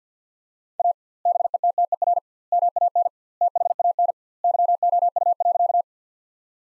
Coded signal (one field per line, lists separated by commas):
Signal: Morse code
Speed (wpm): 50 wpm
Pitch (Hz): 700 Hz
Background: none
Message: A BETTER MAN THAN YOU.